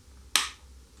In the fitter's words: So basically, you do this until you hear that click noise here.